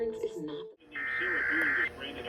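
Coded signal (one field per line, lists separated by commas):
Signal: Emergency Alert System (SAME) tones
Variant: header bursts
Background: speech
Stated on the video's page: Texas Required Monthly Test as broadcast on Dallas/Fort Worth radio and television stations.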